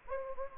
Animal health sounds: mosquito wingbeat signal from an infrared sensor; Anopheles gambiae

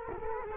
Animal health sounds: mosquito wingbeat signal from an infrared sensor; Culex quinquefasciatus

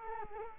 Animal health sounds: mosquito wingbeat signal from an infrared sensor; Culex quinquefasciatus

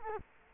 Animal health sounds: mosquito wingbeat signal from an infrared sensor; Culex quinquefasciatus

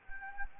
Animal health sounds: mosquito wingbeat signal from an infrared sensor; Anopheles gambiae

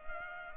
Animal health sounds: mosquito wingbeat signal from an infrared sensor; Culex pipiens

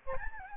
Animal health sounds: mosquito wingbeat signal from an infrared sensor; Aedes albopictus

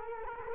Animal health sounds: mosquito wingbeat signal from an infrared sensor; Culex quinquefasciatus

